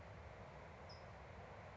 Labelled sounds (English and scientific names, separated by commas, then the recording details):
California Towhee (Melozone crissalis)
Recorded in Sonoma County, California